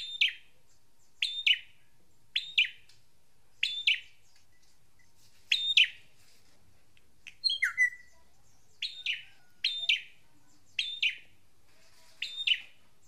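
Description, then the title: Drongo song of sharp metallic double notes repeated at short intervals, with one squeaky slurred whistle midway, over quiet background. "Suara Srigunting. Hobiburung"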